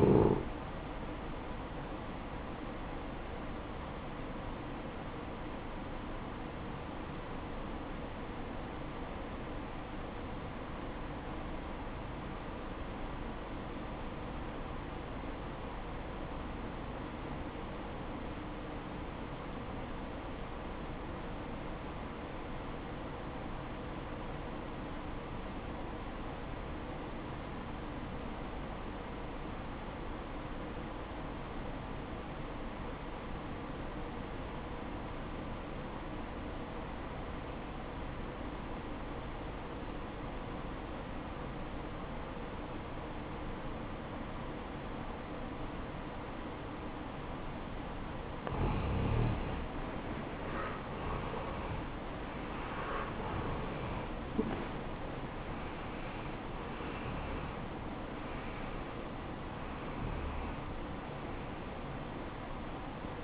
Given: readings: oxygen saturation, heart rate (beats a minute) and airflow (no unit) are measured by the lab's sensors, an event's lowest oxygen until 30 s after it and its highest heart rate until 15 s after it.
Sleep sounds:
breathing in sleep by a voice recorder at the bedside; 1
6.00-49.20 s: obstructive apnea (REM, oxygen 95% highest, then 80% lowest, heart rate 62 at the start, 86 highest)
6.00-63.24 s: new sleep stage, REM sleep
From the record:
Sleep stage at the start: N1 (lightest sleep); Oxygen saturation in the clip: 82 to 95%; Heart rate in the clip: 50 to 86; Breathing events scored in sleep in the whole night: 573 in 9.8 hours asleep

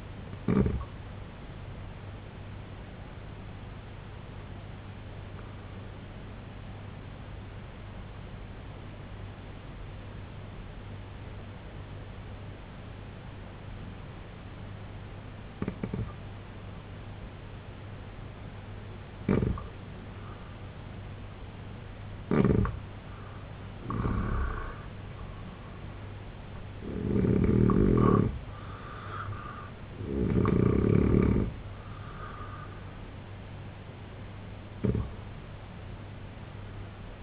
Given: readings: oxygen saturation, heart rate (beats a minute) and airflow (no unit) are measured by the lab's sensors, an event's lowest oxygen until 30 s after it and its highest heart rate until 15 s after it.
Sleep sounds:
breathing in sleep by a voice recorder at the bedside; 1
5.00-22.20 s: obstructive apnea (N2, oxygen 92% highest, then 84% lowest, heart rate 68 at the start, 84 highest)
20.00-37.23 s: new sleep stage, N1 (lightest sleep)
From the record:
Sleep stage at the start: N2 (light sleep); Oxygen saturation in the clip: 86 to 92%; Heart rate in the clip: 65 to 84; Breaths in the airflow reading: 5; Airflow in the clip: -5.0 to 5.6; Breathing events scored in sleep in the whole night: 258 in 7.4 hours asleep

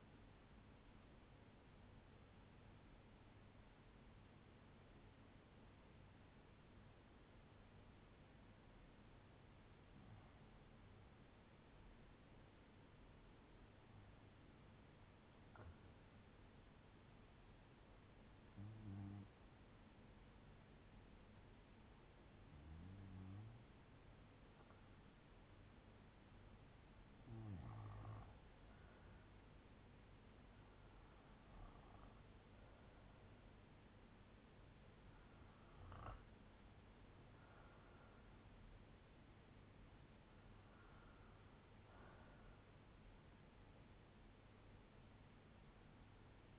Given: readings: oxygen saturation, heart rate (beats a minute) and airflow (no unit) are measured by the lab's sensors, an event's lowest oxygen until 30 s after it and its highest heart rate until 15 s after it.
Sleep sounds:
breathing in sleep by a voice recorder at the bedside; 1
5.00-22.30 s: hypopnea (REM, oxygen 96% highest, then 93% lowest, heart rate 65 at the start, 82 highest)
From the record:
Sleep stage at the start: REM sleep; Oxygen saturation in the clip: 93 to 96%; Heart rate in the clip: 60 to 82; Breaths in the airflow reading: 9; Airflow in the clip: -6.2 to 7.6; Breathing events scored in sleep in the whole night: 182 in 7.4 hours asleep

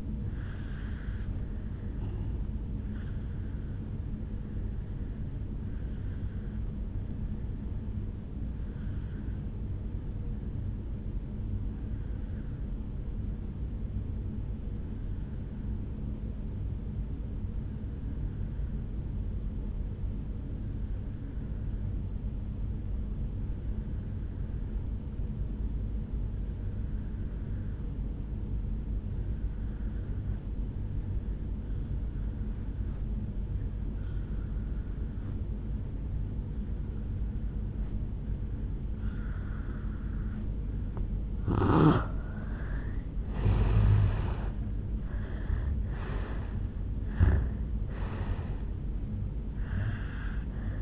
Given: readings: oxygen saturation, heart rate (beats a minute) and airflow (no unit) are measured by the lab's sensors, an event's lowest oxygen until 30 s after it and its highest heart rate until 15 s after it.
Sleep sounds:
breathing in sleep by a smartphone at the bedside; 1
10.00-41.60 s: obstructive apnea (N2, oxygen 96% highest, then 82% lowest, heart rate 57 at the start, 77 highest)
38.00-50.82 s: new sleep stage, N1 (lightest sleep)
From the record:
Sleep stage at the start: N2 (light sleep); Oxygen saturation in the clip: 84 to 96%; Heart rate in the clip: 57 to 78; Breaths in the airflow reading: 4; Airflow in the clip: -8.6 to 7.8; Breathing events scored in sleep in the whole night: 449 in 7.0 hours asleep

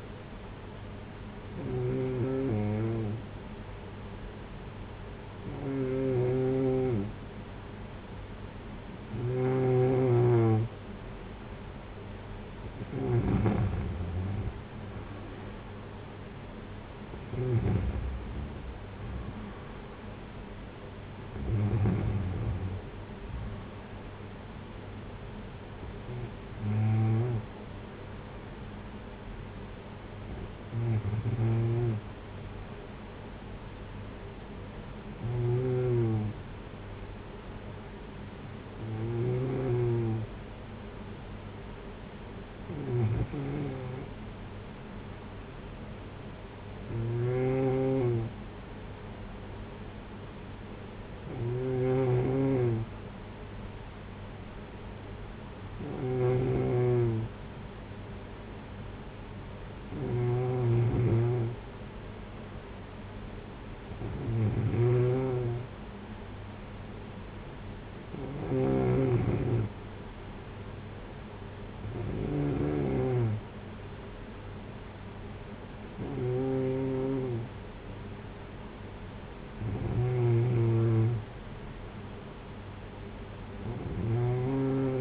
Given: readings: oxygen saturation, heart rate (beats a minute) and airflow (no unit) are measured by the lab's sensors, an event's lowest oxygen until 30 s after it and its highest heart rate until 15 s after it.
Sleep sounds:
breathing in sleep by a voice recorder at the bedside; none
none scored
From the record:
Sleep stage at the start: N2 (light sleep); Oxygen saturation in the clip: 92 to 95%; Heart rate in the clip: 54 to 60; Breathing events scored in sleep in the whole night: 226 in 8.8 hours asleep

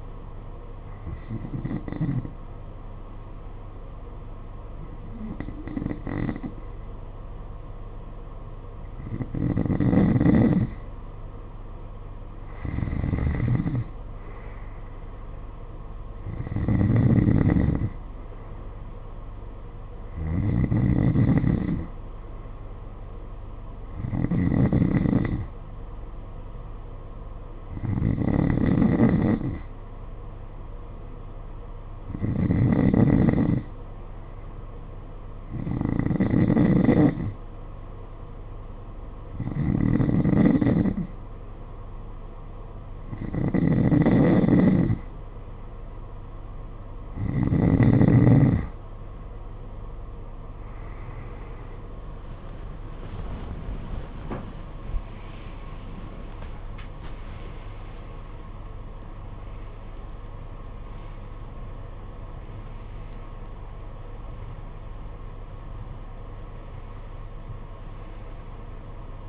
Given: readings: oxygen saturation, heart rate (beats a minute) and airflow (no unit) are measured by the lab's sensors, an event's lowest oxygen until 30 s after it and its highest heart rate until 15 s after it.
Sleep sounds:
breathing in sleep by a smartphone at the bedside; 1
11.00-69.29 s: new sleep stage, N2 (light sleep)
31.00-54.00 s: hypopnea (N2, oxygen 93% highest, then 92% lowest, heart rate 54 at the start, 78 highest)
From the record:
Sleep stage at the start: N1 (lightest sleep); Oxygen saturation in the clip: 92 to 94%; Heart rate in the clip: 49 to 78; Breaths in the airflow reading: 18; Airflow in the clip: -15.2 to 16.3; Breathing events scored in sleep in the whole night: 476 in 9.7 hours asleep

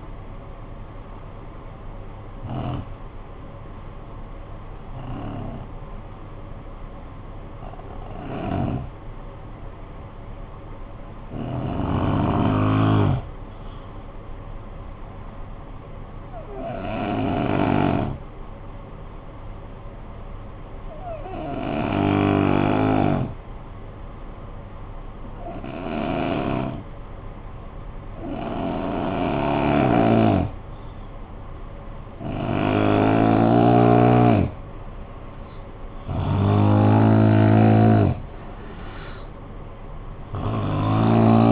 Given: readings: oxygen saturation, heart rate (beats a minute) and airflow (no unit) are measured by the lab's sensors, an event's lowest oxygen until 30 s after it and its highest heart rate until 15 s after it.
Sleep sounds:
breathing in sleep by a smartphone at the bedside; 1
17.00-36.30 s: hypopnea (N2, oxygen 96% highest, then 83% lowest, heart rate 52 at the start, 62 highest)
19.00-41.52 s: new sleep stage, N3 (deep sleep)
From the record:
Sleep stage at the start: N2 (light sleep); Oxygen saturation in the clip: 81 to 96%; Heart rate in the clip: 46 to 62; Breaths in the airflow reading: 10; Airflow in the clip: -6.1 to 5.8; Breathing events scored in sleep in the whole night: 445 in 7.6 hours asleep

